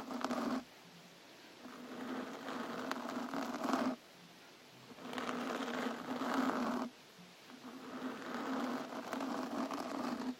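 Scratching and hand movements come in long, dense rasping strokes of roughly two to three seconds each, separated by brief near-silent pauses. Each stroke swells and fades with a steady low hum under the rough, papery scraping.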